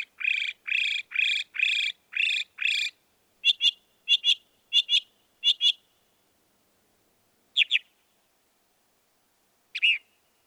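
Northern mockingbird song, six harsh raspy notes in a row, then four quick doubled notes, then two isolated notes.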